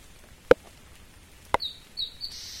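Bird calling with a few high, thin chirps in the last second, preceded by two sharp clicks.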